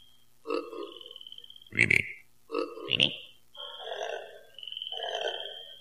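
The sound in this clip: Frogs croaking, short rattling pulsed croaks with a couple of sharp clicking notes over a high thin trill.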